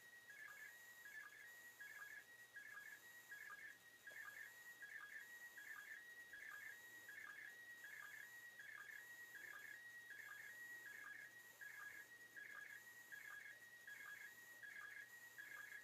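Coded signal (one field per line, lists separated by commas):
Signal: SSTV (slow-scan television)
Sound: rhythmic warbling whistle lines, steady high tone stretches, short low sync blips repeating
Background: radio static, low hum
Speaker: But I should get pretty much of the picture here.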